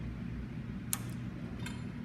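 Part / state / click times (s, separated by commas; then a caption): click-type torque wrench on a bolt of a bolted joint / torque reached / 0.9 s. A click-type torque wrench, pulled toward the user, tightens a bolt of a bolted joint to a setting of 30, working in increments up to final torque because the joint pulls in unevenly. Over a steady low rumble, a sharp click at 0.9 s marks the preset torque, followed by a fainter tick at 1.7 s. The wrench did click at its setting.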